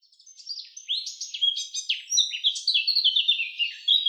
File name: Sylvia atricapilla